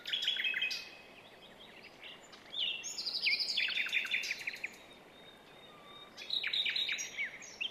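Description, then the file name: Common nightingale song in varied bursts of chirps, buzzy trills and rapid repeated notes, with quieter pauses between. "Luscinia megarhynchos"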